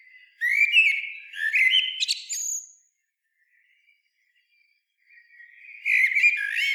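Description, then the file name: Common blackbird singing a mellow fluted warble that finishes in a thin high twitter, then quiet before another phrase begins. "Turdus merula"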